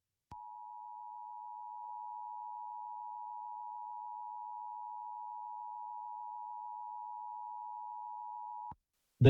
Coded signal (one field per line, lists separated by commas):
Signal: Emergency Alert System (SAME) tones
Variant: 853 and 960 Hz attention tone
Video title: EAS Scenario #1: Indianapolis Tornado